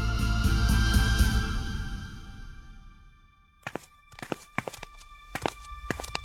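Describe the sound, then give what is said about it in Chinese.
A low rumbling whoosh fades out, then quick, sharp footsteps of someone running straight in through a main gate break in, seven or eight hard thuds landing at an uneven, hurried pace with no voices. “范宇一个没守住，痛叫一声就露出了破绽，让顾毅径直朝大门跑了进去。”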